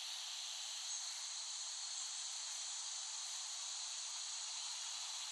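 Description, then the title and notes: Cicada: steady high hissing buzz of cicadas, unbroken and even in loudness throughout. Cicadas recorded by Dan Bodah in West Brighton, Staten Island, in late summer 2008. "Dronecast No. 021: The Cicadas of Summer. Recording of cicadas made by Dan Bodah in West Brighton, Staten Island, late summer 2008"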